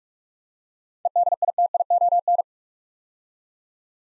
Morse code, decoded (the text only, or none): EDITION